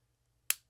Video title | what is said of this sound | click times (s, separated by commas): Ruger-57 Short Stroke Trigger & Spring Kit – Step-by-Step Installation Overview | until it clicks now we can release this light | 0.5 s